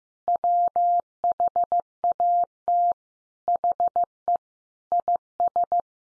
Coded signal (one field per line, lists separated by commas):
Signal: Morse code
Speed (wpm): 14 wpm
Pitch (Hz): 700 Hz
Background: none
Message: WHAT HE IS